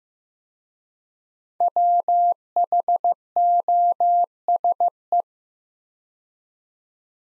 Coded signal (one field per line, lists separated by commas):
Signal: Morse code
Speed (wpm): 15 wpm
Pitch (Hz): 700 Hz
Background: none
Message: WHOSE